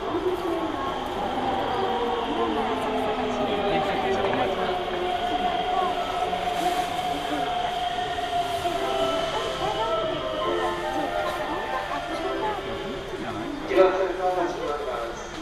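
A train interior on a commuter line, with a steady rumble and tonal whine from the running gear filling the whole stretch. Voices sound over it, likely onboard announcements. Near fourteen seconds a brief louder clack stands out before the noise eases slightly.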